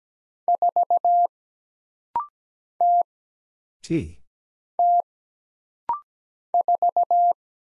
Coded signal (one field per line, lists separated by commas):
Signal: Morse code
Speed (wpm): 17 wpm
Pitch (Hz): 700 Hz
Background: none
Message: 4 T T 4